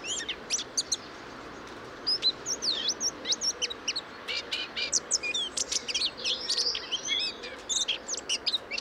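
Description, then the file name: Eurasian blackcap song: rapid high twittering phrases with clear whistled upslurs, a brief pause after the opening notes, then a long busy run. "Sylvia atricapilla"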